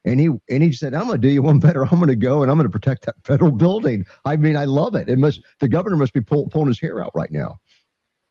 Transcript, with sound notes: and he said, "I'm gonna do you one better. I'm gonna go and I'm gonna protect that federal building." (laughs) I mean, I love it. It must- the governor must be pull- pulling his hair out right now.